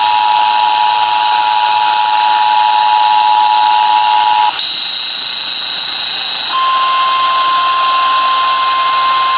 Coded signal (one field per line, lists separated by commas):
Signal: Emergency Alert System (SAME) tones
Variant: 853 and 960 Hz attention tone